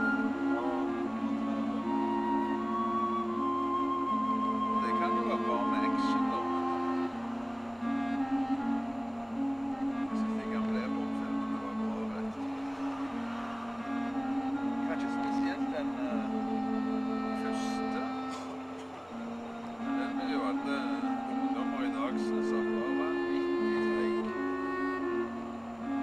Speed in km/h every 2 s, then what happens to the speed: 83, 82, 82, 82, 82, 82, 81, 82, 81, 80, 78, 78, 77.
0-26 steady at about 82.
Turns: none.